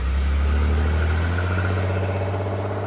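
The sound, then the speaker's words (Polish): A car engine runs at night, on a drive by car from near Nysa through Głuchołazy to Prudnik in Poland, with a steady, deep low hum and a continuous rumbling drone that holds a constant level throughout, with no voices. “Dopiero w ciemnościach wyszliśmy z samolotu i zajęliśmy miejsca w samochodach.”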